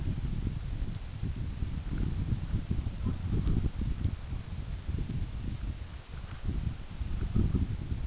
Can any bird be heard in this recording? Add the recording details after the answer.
no. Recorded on Arctic tundra, site UTQI-5, on 29 June 2018. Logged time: 16:00